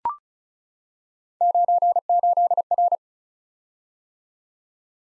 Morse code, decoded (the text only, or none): 98R